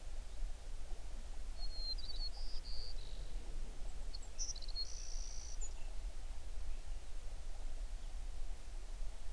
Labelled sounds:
songbird
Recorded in the Prudhoe Bay oil fields, Alaska, on 11 June 2019 at 05:36
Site 21

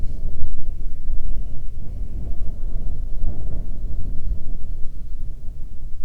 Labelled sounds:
wind
insects
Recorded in the Prudhoe Bay oil fields, Alaska, on 9 June 2019 at 17:24
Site 21

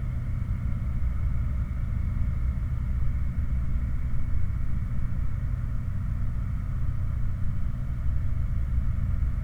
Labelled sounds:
machinery
flare stack
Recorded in the Prudhoe Bay oil fields, Alaska, on 16 August 2019 at 00:52
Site 29

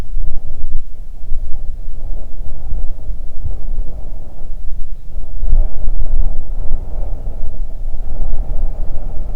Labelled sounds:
wind
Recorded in the Arctic National Wildlife Refuge, Alaska, on 3 June 2019 at 04:30
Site 37

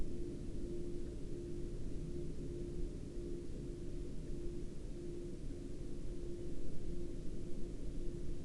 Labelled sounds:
machinery
flare stack
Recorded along the Dalton Highway, Alaska, on 23 October 2019 at 22:40
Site 07

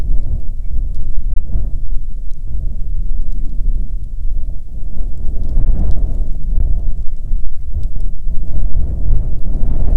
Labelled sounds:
grouse or ptarmigan
wind
rain
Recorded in the Prudhoe Bay oil fields, Alaska, on 5 June 2019 at 00:00
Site 13

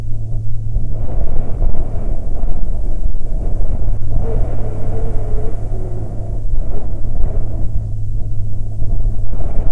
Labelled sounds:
wind
aircraft
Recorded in the Prudhoe Bay oil fields, Alaska, on 12 June 2019 at 10:24
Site 13

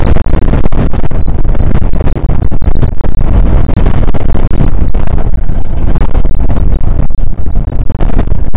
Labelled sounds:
wind
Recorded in the Prudhoe Bay oil fields, Alaska, on 1 August 2019 at 02:04
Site 29

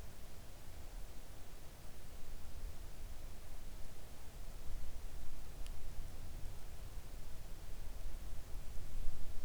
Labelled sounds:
rain
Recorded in the Arctic National Wildlife Refuge, Alaska, on 3 August 2019 at 05:42
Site 41

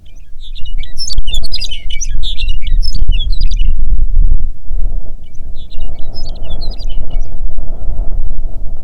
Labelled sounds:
songbird
wind
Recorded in the Prudhoe Bay oil fields, Alaska, on 6 June 2019 at 04:44
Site 16

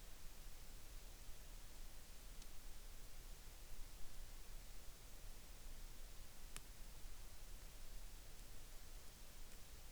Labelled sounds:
near silence
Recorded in the Arctic National Wildlife Refuge, Alaska, on 3 August 2019
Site 33

